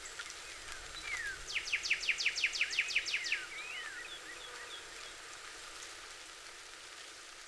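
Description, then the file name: Cardinal song: a short slurred whistle, then a quick run of sharp, repeated high notes, followed by a few soft scattered chirps. Recorded on 26 April 2019. "2019-04-26 Cardinals"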